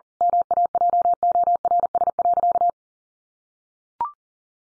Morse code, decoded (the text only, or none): MAJORS.